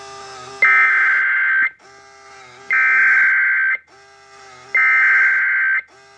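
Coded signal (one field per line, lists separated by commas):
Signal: Emergency Alert System (SAME) tones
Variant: header bursts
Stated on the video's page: Flood warning from NOAA weather radio transmitter WXL70.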